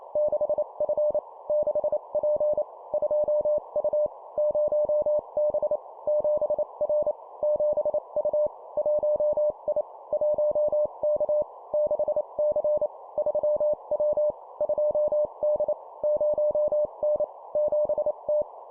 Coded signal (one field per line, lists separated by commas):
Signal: Morse code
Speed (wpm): 28 wpm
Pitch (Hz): 600 Hz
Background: none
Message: 6F 6P 2U 0B 7R 7U 1I 1K 6C 3W 2D 0N 7T